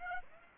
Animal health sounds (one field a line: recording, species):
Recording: mosquito wingbeat signal from an infrared sensor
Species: Aedes aegypti